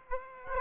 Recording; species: mosquito wingbeat signal from an infrared sensor; Aedes aegypti